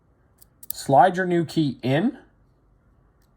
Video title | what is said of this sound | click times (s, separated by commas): Re-key Weiser smart key lock without original key #lock #locksmith #wieser | back till you hear a click. | 0.6 s